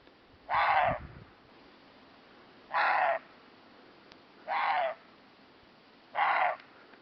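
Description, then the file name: Roe deer barks: four hoarse, gruff single barks spaced roughly every two seconds. "corzo"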